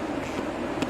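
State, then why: Seated. A plastic evap hose quick connector that would not lock is pushed onto the vapor canister fitting of a 2004 Honda Element during an evap fix for a P2422 code, levered on its plastic ledge with the back of a plier handle and gently pushed. Over a steady low hum, a short sharp click is heard at 0.8 s as the connector snaps home and seats.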